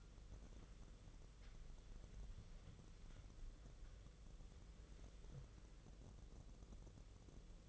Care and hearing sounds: daily activity, microphone in the room; wipe stove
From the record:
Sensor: 4

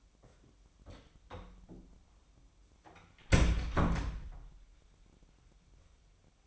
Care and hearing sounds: daily activity, microphone in the room; close door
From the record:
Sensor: 1

